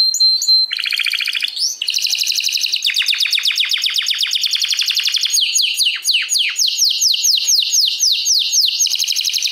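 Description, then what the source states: Domestic canary song with a brief whistle, then buzzy rapid trills and rolling downward-sweeping notes repeated quickly, continuous and loud. Portuguese canary breed.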